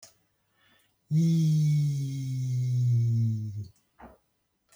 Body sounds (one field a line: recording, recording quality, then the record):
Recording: sustained vowel as in beet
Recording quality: moderate, slight background noise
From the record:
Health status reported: healthy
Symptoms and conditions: none ticked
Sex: male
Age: 56 years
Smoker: not ticked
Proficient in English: yes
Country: France